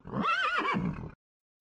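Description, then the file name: Horse whinny: one wavering, quavering neigh of about a second that rises and then falls away, followed by silence. "pferde wiehern"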